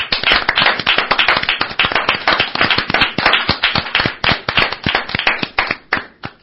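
Sustained applause from a group at the end of the season's last programme of Voces del Misterio, given to the audience: dense overlapping claps forming a loud, steady crackle that thins slightly toward the end. No one speaks.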